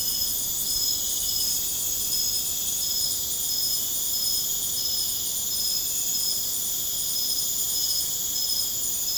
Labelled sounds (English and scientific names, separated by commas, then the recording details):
none
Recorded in pastures near Puerto Asís, Putumayo, Colombia, on 29 June 2025 at 01:30
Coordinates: 0.496, -76.326
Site GP01